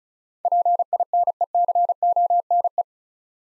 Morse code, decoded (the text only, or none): PINECONE